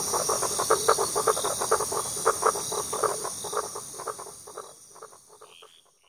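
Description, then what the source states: Frogs calling in rapid, pulsed, echoing croaks, fading toward the end, over a steady high hiss of waves. Echoed, with the sound of waves.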